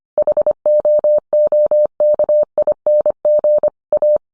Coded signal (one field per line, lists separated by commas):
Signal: Morse code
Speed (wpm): 25 wpm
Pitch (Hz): 600 Hz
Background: none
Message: HOOKING A